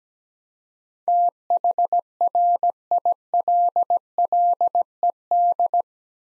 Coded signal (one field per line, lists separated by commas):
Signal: Morse code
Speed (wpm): 17 wpm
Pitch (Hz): 700 Hz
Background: none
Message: THRILLED